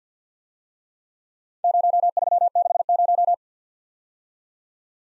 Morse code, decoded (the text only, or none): 0360